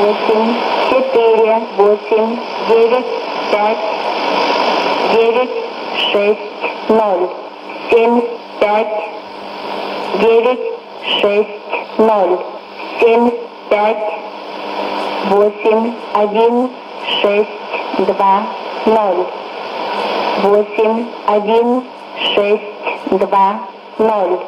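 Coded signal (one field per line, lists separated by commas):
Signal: numbers station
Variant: S06s Russian Lady, Russian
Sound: woman's voice reading digits one by one in Russian, evenly spaced, over radio hiss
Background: radio static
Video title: 04 06 2017 Numbers station S06s Russian Lady in Russian to Eu 0645 on 14875 unknown tx site in CUSB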